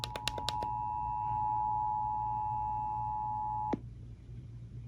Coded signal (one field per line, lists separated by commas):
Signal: Emergency Alert System (SAME) tones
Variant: 853 and 960 Hz attention tone